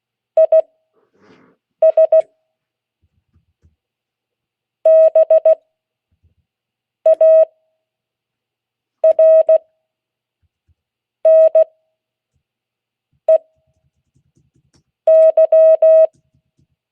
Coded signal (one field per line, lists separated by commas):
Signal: Morse code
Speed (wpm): 16 wpm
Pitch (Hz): 640 Hz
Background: none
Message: IS BARNEY